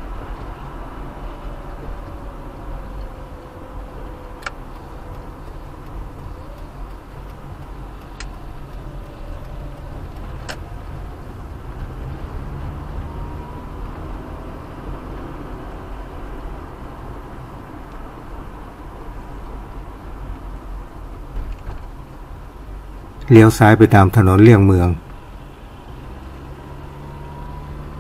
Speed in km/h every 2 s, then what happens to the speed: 42, 35, 33, 28, 22, 24, 28, 36, 40, 38, 32, 27, 25, 29.
0-8 slows to 22. 8-16 speeds up to 40. 16-23 slows to 25.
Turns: none.